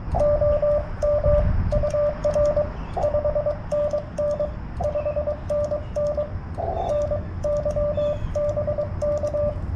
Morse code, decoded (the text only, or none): OM UR 5NN 5NN NY BK